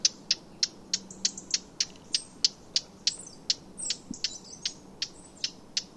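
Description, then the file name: Eurasian blackcap calling with dry, hard tack clicks, about three per second, over a steady low rumble. "Sylvia atricapilla"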